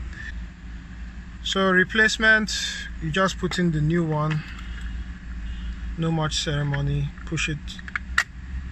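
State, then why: Seated. A replacement plastic clock spring (the steering column spiral cable unit) for a Toyota is pushed onto the steering column while someone talks over a steady low hum. Two sharp clicks at 8.0 s and 8.2 s mark it clicking into place, fully seated.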